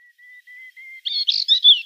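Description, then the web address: Moustached warbler song: several soft, level whistles, then an abrupt switch to louder, harsh, churring chatter. "Schulze Peter Moustached Warbler song"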